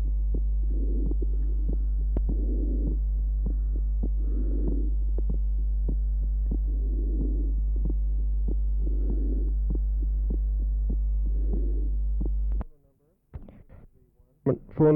Has an innocent systolic murmur. Note the wide splitting of the second sound, 0.03 to 0.06 seconds. Recording taken at pulmonary area.